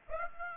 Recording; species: mosquito wingbeat signal from an infrared sensor; Aedes aegypti